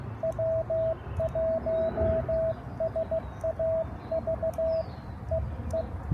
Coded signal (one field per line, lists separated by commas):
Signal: Morse code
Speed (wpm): 16 wpm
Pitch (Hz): 650 Hz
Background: radio noise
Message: W1SAV EE